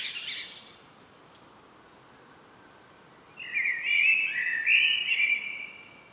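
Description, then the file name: Common blackbird: the end of one phrase, then after a pause a full phrase of mellow whistling with a twittering, higher second half. "Turdus merula"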